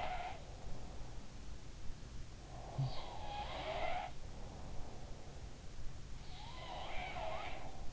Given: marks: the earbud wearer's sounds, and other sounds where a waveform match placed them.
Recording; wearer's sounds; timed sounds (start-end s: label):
sounds in sleep by an in-ear microphone; breath
0.00-1.31 s: sound from someone else or the room
2.71-5.89 s: sound from someone else or the room
4.27-5.89 s: breath
6.22-7.93 s: sound from someone else or the room